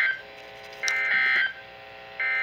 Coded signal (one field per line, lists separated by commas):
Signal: Emergency Alert System (SAME) tones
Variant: end-of-message bursts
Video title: (Double Header!) Flood Warning (EAS #106-109)